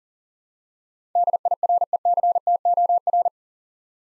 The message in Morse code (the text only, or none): DIRECTOR